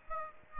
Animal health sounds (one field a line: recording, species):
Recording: mosquito wingbeat signal from an infrared sensor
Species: Aedes aegypti